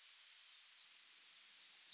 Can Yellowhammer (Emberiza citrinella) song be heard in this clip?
yes